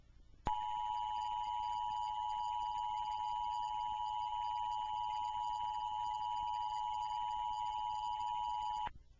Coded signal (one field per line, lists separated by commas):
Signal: Emergency Alert System (SAME) tones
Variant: 853 and 960 Hz attention tone